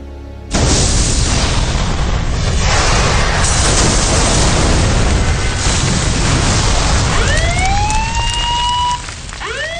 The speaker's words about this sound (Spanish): La explosión ocurrida en la sala de máquinas a las 2 horas nos cogió completamente de sorpresa. No se había observado ninguna anomalía en la maquinaria ni negligencia alguna por parte de los hombres.